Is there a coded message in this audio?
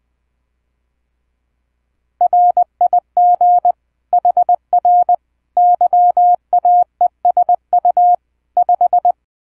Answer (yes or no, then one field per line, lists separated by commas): yes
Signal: Morse code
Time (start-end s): 2.2-9.1 s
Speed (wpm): 20 wpm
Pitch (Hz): 710 Hz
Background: none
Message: RIG HR YAESU 5